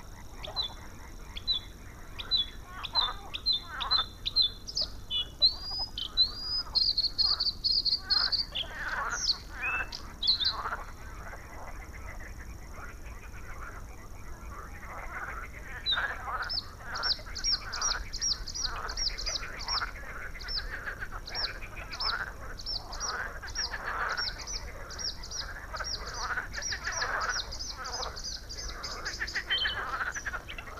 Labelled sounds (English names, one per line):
Bluethroat song